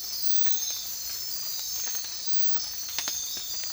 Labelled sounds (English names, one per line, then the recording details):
none
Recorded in dense forest near Puerto Asís, Putumayo, Colombia, on 19 March 2025 at 02:00
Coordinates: 0.503, -76.323
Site GP09